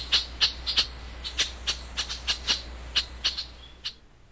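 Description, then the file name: Red-winged blackbird uttering sharp, dry chip notes, about three per second and somewhat irregular, over a constant low hum. "Red Winged BB"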